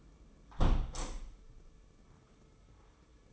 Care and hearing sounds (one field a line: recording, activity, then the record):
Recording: daily activity, microphone in the room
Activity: close window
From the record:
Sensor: 1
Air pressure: 995.8 hPa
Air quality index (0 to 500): 43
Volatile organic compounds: 1 ppm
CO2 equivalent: 741 ppm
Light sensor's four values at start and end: 30/104/40/41 and 30/103/40/41